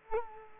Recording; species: mosquito wingbeat signal from an infrared sensor; Culex quinquefasciatus